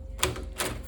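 Pressing down the interior lever of a Houseguard 8101S01DC-ET handicap entry lever lockset makes the locked push button pop itself out to unlock, with a sharp click at 0.2 s. A softer, longer clatter follows at about 0.6 s. The lock is released.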